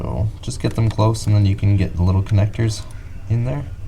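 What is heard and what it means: A small plastic wiring connector for the steering wheel controls is handled by hand as it is brought toward its socket in the control assembly while someone talks. Nothing has seated or clicked yet.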